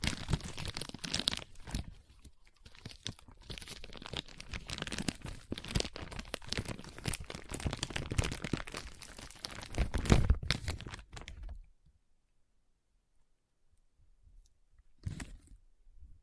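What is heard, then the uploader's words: Foam is squeezed and rubbed in a dense, continuous run of crinkling, crunching and tearing-like scrapes that fills the first eleven seconds, with a louder burst near ten seconds. Then it falls silent, broken only by one short crackling rustle around fifteen seconds. ASMR Powerful Foam Brain Massage.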